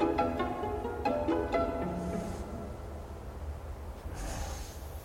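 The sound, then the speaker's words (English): A mine pump at an idle pit, keeping it from flooding, pants in a steady rhythm, a low droning hum with regular clanking beats, then breathy hissing exhalations that surge and fade at intervals. “At Le Vereur, a heavy silence reigns, broken only by the panting of the pump.”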